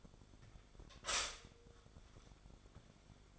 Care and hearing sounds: daily activity, microphone in the room; stop toaster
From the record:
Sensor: 5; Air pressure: 1014.8 hPa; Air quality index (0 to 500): 207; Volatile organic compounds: 10 ppm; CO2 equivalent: 2198 ppm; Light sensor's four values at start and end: 14/32/12/11 and 14/32/13/11

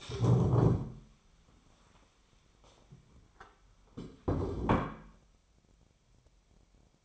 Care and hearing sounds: daily activity, microphone in the room; stand up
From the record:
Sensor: 1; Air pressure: 1015.2 hPa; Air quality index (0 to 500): 190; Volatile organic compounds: 19 ppm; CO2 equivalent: 2657 ppm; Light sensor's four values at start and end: 11/28/11/12 and 9/23/9/10

